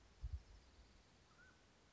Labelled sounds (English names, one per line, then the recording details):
Mountain Quail
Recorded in Sonoma County, California